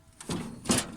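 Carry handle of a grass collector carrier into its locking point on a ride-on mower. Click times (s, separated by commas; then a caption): 0.7 s. The carry handle of a grass collector's carrier on a ride-on mower is folded down onto the steel frame. A short scrape at 0.2 s leads into a louder metallic latch click at 0.7 s as the handle locks into place.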